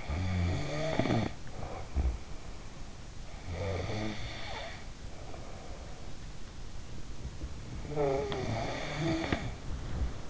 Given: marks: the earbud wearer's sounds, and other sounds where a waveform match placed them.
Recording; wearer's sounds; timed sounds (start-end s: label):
sounds in sleep by an in-ear microphone; snoring breath, teeth grinding
0.00-3.14 s: snoring breath
3.39-6.34 s: snoring breath
7.05-10.30 s: sound from someone else or the room
7.79-10.30 s: snoring breath
8.29-9.56 s: teeth grinding